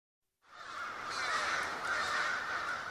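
A flock of crows, dropping through the treetops toward a river, caws together in a dense, overlapping chorus of harsh, raspy calls. It starts abruptly after a brief silence and stays loud and continuous, with no talking.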